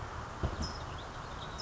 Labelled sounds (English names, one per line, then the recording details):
California Towhee
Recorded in Sonoma County, California